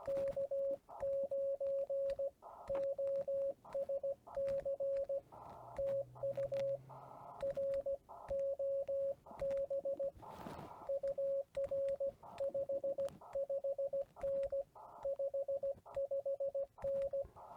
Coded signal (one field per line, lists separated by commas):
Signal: Morse code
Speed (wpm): 16 wpm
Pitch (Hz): 550 Hz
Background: radio noise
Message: K9OSC TU ROB UR 55N 55N